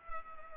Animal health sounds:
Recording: mosquito wingbeat signal from an infrared sensor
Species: Culex pipiens

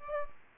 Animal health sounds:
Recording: mosquito wingbeat signal from an infrared sensor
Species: Aedes aegypti

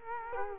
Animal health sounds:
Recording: mosquito wingbeat signal from an infrared sensor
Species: Culex quinquefasciatus

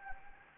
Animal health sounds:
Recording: mosquito wingbeat signal from an infrared sensor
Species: Anopheles gambiae

